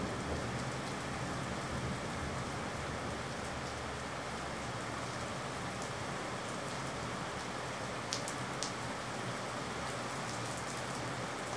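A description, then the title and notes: Steady, dense rain hisses through a thunderstorm, filling the whole twelve seconds at an even level. A low hum sits underneath throughout, and a few sharp drips or taps stand out near the eight-second mark. Long Rumbling Thunderstorm.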